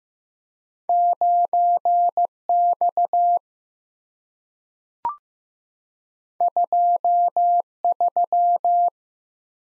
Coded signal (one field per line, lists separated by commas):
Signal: Morse code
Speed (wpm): 15 wpm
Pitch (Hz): 700 Hz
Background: none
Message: 9X 23